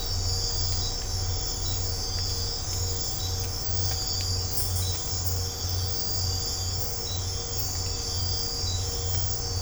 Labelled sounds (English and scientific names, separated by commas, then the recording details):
none
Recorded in secondary vegetation near Puerto Asís, Putumayo, Colombia, on 20 December 2024 at 04:30
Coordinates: 0.502, -76.326
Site G028